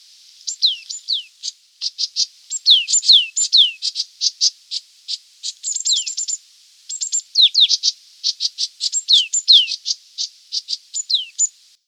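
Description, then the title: Green-backed tit calls: a dense, busy run of high, sharp chips mixed with quick downward-sliding whistled notes, with two brief pauses and no other sounds. "Green-backed Tit (Parus monticolus)"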